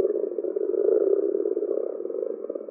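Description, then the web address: Common frog giving a continuous low, purring croak, a rapid pulsed rattle held steadily for nearly three seconds with slight swells in loudness. "Common or Grass Frog"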